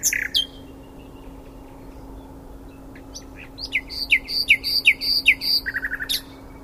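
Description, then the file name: Common nightingale singing: a few opening notes, a quiet gap, then a quick series of repeated whistled notes, a lower rapid run and a final high note. "Luscinia megarhynchos"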